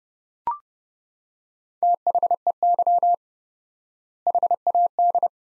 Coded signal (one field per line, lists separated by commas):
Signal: Morse code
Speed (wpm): 30 wpm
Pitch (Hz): 700 Hz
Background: none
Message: THEY HAD